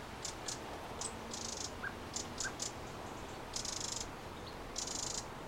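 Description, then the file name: Eurasian wren giving short grating rattles mixed with some longer churring bursts. "Troglodytes troglodytes"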